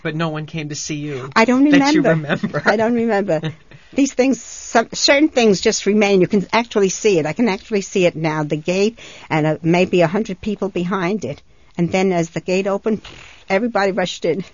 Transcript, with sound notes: But no one came to see you...
I don't remember.
That don't remember. ( he laughs )
These things, certain things just remain. You can actually see it. I can actually see it now, the gate, and maybe a hundred people behind it, and then the gate opened, everybody rushed in.